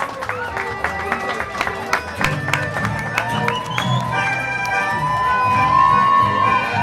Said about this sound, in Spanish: Pido un fuerte aplauso para recibir a Vicky Sánchez, la princesita del chamamé.